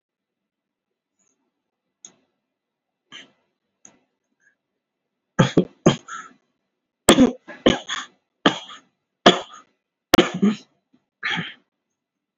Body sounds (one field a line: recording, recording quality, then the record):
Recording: heavy voluntary cough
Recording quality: excellent, no background noise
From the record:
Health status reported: COVID-19 positive, mild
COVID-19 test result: positive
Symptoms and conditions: breathing difficulty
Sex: male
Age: 39 years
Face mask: not worn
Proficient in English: yes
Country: India